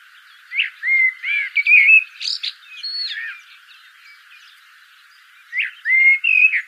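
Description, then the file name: Common blackbird song: low, rich whistled warbles rising and falling, followed by a few scratchy high notes, then a quiet gap before another fluted phrase. "Turdus merula"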